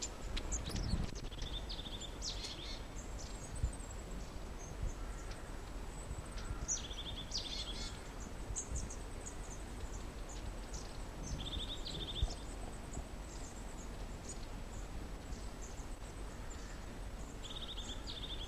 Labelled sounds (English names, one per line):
European Crested Tit